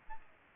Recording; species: mosquito wingbeat signal from an infrared sensor; Aedes aegypti